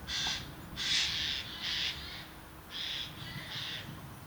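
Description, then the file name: Eurasian jay giving harsh, rasping screeches, five in quick succession, each about half a second long, over a low background rumble. "Garrulus glandarius"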